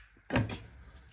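An open Opinel-style folding knife is pushed into a molded Kydex thermoplastic sheath. A short scraping slide begins at about 0.3 s, followed by a sharp click at 0.4 s as it snaps into the retention and a brief rasp just after. The knife is seated in the sheath.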